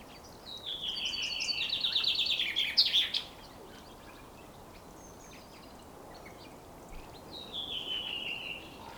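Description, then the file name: Common chaffinch song, a fast cascading trill sliding downward to a short terminal flourish, with a softer descending phrase later against hissy background noise. "Fringilla coelebs"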